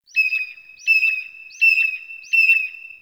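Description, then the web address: Bird of prey calls: four shrill, high whistled screams, each starting with a brief upward flick and then held steady, spaced under a second apart, on a quiet background. Distant predatory bird in a mountain forest. "Soulframe Sounds. Predatory Bird Far"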